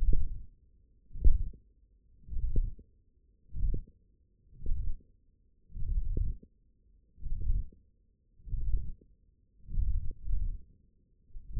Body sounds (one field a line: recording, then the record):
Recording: forearm muscle sounds (acoustic myography)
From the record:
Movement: hand closing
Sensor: system 1, eight BSWA MPA416 microphones around the upper forearm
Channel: 1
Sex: male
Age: 20 years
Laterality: left